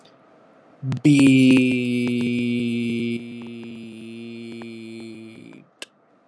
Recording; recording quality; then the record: sustained vowel as in beet; excellent, no background noise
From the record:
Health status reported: healthy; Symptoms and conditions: none ticked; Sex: male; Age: 28 years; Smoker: not ticked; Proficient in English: yes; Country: United States